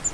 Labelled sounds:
Grace's Warbler (Setophaga graciae) flight call

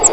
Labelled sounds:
Grace's Warbler (Setophaga graciae) flight call

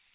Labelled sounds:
Magnolia Warbler (Setophaga magnolia) flight call

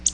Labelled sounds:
Black-throated Blue Warbler (Setophaga caerulescens) flight call

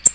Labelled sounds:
American Redstart (Setophaga ruticilla) flight call

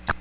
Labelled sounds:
Magnolia Warbler (Setophaga magnolia) flight call

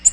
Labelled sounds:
Nashville Warbler (Leiothlypis ruficapilla) flight call

